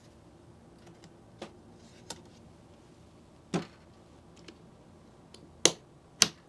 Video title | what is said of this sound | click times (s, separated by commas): DDR5 Configurations and Quad-DIMM Limitations | clicks and and we're good | 5.7 s, 6.2 s